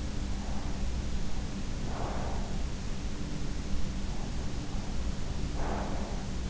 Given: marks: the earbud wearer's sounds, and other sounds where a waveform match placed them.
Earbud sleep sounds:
sounds in sleep by an in-ear microphone; breath
1.58-2.71 s: breath
5.38-6.42 s: breath

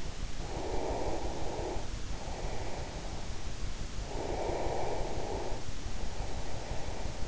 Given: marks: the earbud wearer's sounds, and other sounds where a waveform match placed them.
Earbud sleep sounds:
sounds in sleep by an in-ear microphone; breath
0.27-3.00 s: breath
4.04-7.28 s: breath

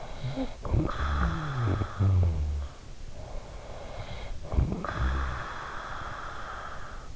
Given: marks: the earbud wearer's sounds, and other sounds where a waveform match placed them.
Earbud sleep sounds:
sounds in sleep by an in-ear microphone; snoring breath
0.14-2.94 s: snoring breath
3.91-7.16 s: snoring breath

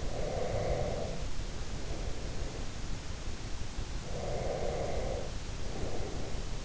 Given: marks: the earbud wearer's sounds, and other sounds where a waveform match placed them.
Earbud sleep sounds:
sounds in sleep by an in-ear microphone; breath
0.00-2.68 s: breath
4.19-6.54 s: breath

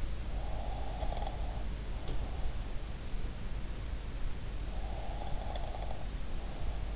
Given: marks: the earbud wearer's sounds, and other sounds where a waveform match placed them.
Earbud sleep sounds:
sounds in sleep by an in-ear microphone; breath
0.35-2.85 s: breath
1.97-2.48 s: sound from someone else or the room
4.69-6.96 s: breath

